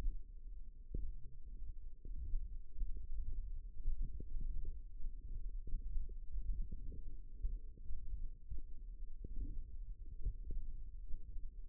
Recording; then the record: forearm muscle sounds (acoustic myography)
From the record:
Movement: ulnar deviation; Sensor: system 1, eight BSWA MPA416 microphones around the upper forearm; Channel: 8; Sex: female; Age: 21 years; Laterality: right